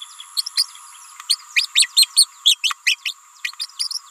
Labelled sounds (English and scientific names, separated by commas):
Green-rumped Parrotlet (Forpus passerinus) babbling